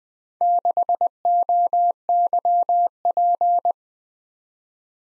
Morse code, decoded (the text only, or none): 6OYP